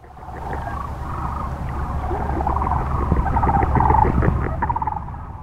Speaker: What I love about the midnight sounds of the cranes is they're more subdued than the sounds they make when they fly in at sunset or take off at dawn, but they're talking all night long, conversing, looking out for predators, gathering in family groups.